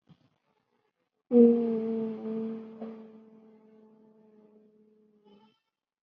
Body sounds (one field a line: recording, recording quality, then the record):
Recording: sustained vowel as in boot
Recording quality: moderate, slight background noise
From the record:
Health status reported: COVID-19 positive, mild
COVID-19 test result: positive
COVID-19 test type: RT-PCR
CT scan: not taken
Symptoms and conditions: cough, cold, breathing difficulty, fever, fatigue, muscle pain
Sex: female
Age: 20 years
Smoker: no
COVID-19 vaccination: none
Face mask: worn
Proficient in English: yes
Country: India